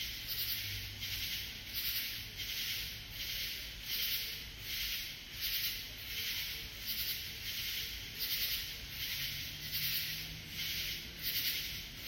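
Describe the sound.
Katydid calling, dry rasping pulses repeated steadily, more than one per second, against a soft low background hum.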